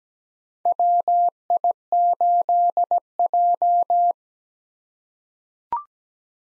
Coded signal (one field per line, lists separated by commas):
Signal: Morse code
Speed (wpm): 17 wpm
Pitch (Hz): 700 Hz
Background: none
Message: WI8J